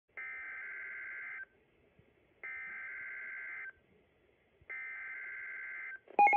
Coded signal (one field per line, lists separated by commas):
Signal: Emergency Alert System (SAME) tones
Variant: header bursts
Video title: NWR Required Weekly Tests (5/9/18)